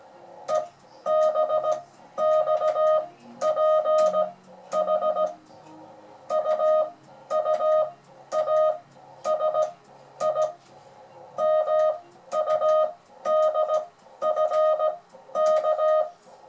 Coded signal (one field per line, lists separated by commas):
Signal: Morse code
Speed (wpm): 17 wpm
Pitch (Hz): 620 Hz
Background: music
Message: EBXPH UUASI MUDFK